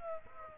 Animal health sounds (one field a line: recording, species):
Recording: mosquito wingbeat signal from an infrared sensor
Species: Aedes aegypti